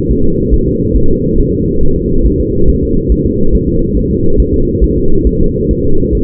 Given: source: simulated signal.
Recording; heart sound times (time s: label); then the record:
fetal heart sounds
0.11 s: S1
0.25 s: S2
0.54 s: S1
0.68 s: S2
0.97 s: S1
1.10 s: S2
1.40 s: S1
1.54 s: S2
1.83 s: S1
1.97 s: S2
2.26 s: S1
2.40 s: S2
2.70 s: S1
2.83 s: S2
3.12 s: S1
3.26 s: S2
3.55 s: S1
3.69 s: S2
3.97 s: S1
4.11 s: S2
4.40 s: S1
4.54 s: S2
4.84 s: S1
4.98 s: S2
5.27 s: S1
5.41 s: S2
5.71 s: S1
5.85 s: S2
6.15 s: S1
From the record:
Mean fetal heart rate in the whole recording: 140 bpm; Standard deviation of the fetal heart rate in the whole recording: 2 bpm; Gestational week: 34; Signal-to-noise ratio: -19.1 dB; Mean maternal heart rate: 72 bpm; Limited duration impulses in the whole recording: present